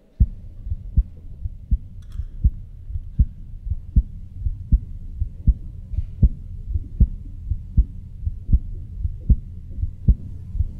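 Strong, regular low thumps at about 78 beats a minute, picked up through the air by a microphone about 6 inches in front of an adult woman's chest rather than a stethoscope. A forcefully audible heartbeat months after surgery replacing 4 inches of the aorta for an aortic aneurysm, strong enough to be heard out loud 2 feet away in a quiet room.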